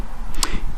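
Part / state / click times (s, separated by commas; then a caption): drum brake return spring into brake shoes / seated / 0.4 s. The return spring of a Peugeot 106 rear drum brake is positioned and pushed against the brake shoes until it snaps into place. A softer scraping sound begins at about 0.3 s, followed by a sharp, bright metallic click at 0.4 s as the spring seats.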